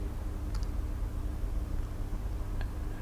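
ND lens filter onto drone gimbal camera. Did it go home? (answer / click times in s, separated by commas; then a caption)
no / none. An ND lens filter, already pressed onto the gimbal camera of a Mavic 2 Pro drone, is rotated clockwise. Only faint ticks are heard around 0.6, 2.6 and 3.1 seconds over a steady low hum. The filter has not clicked or locked into place yet.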